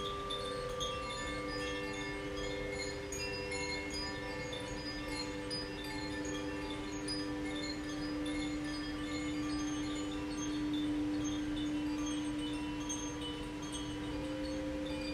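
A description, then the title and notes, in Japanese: Chimes ring over the sustained hum of a crystal singing bowl, with a steady low tone holding throughout and bright, shimmering overtones layered above it. Light chime strikes scatter across the fifteen seconds, while a constant rush of flowing stream water fills the background. 倍音の調べ チャイムとクリスタルボウル演奏。川のせせらぎ、森の中でクリスタルボウルに合わせてチャイムを奏でました。コシチャイム #ザフィアチャイム。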